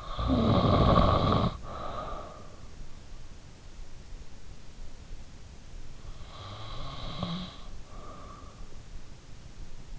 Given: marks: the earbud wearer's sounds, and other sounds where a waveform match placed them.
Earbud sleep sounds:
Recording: sounds in sleep by an in-ear microphone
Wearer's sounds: snoring breath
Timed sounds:
0.00-2.79 s: snoring breath
6.43-8.68 s: snoring breath

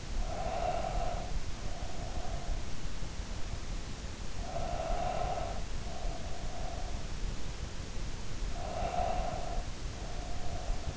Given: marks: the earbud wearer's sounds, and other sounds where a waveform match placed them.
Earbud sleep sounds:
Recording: sounds in sleep by an in-ear microphone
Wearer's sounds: breath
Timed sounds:
0.00-3.06 s: breath
4.18-7.11 s: breath
8.41-10.97 s: breath

